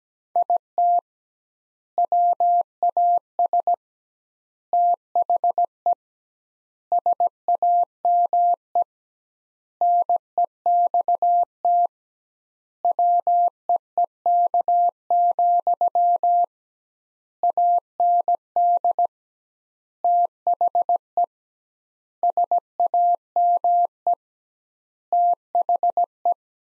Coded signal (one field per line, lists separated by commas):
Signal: Morse code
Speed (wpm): 17 wpm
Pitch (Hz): 700 Hz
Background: none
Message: IT WAS THE SAME NEXT WEEK, AND THE SAME THE